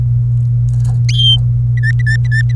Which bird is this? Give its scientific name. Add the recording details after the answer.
Serinus canaria. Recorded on 26 April 2018 at 18:21. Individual llb3